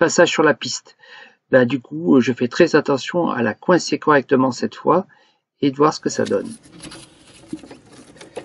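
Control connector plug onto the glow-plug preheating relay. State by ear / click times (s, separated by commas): not seated / none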